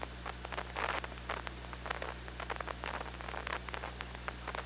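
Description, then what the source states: Killer whale clicking in dense rapid bursts, almost a buzzing patter, continuing throughout over hiss and low hum. Killer whales picked up underwater by an OrcaLab hydrophone, 24 August 2017, at 15:45:26.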